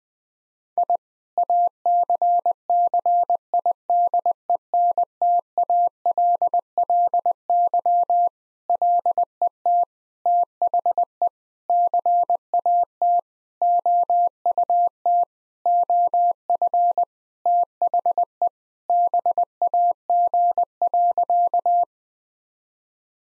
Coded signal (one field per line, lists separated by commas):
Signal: Morse code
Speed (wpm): 20 wpm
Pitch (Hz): 700 Hz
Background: none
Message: I ACCIDENTALLY LET THE CAT OUT OF THE BAG.